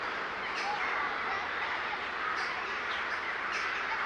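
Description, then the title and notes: Birds chattering in a thick flock chorus, with short high squawks rising above the constant background of overlapping calls. A gathering of birds recorded in S. Staszic Park in Łódź. "Ptaki W Parku Im. S. Staszica W Łodzi. Nagranie wykonane z parku im. S. Staszica w Łodzi. Zgromadzenie ptaków"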